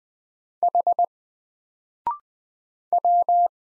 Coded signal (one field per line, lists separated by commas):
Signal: Morse code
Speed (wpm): 20 wpm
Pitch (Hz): 700 Hz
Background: none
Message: H W